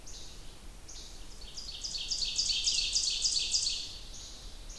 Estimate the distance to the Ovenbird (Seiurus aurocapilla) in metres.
about 40 m